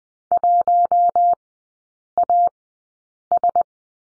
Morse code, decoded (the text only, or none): 1AS